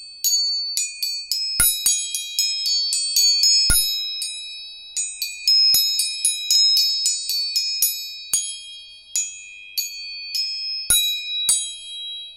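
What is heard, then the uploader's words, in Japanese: Tuning forks are struck again and again, bright metallic pings ringing high over a steady sustained tone, quick at first, then sparser. 音叉チューニング。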